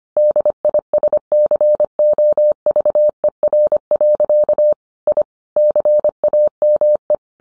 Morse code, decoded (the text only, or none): DISCOVER. I CAME